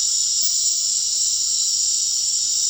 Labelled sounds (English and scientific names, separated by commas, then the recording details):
none
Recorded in dense forest near Puerto Asís, Putumayo, Colombia, on 21 March 2025 at 19:00
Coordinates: 0.499, -76.324
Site GP03